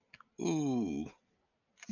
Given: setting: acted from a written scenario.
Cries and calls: vocal sound without words; adoration

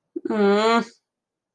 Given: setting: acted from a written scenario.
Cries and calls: vocal sound without words; disappointment

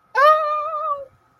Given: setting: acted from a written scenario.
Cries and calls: vocal sound without words; distress

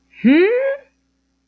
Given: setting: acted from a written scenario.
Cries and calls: vocal sound without words; confusion

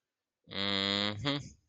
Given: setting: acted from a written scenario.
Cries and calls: vocal sound without words; neutral

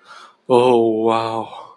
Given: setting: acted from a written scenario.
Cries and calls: vocal sound without words; elation

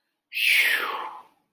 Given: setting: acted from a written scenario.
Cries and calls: vocal sound without words; relief

